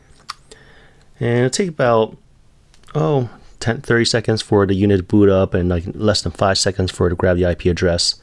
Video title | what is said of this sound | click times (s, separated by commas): How To Setup Foscam Wireless IP Camera Using MyFoscam Cloud Service | Let's push your network cable all the way in until I hear a click. | 0.3 s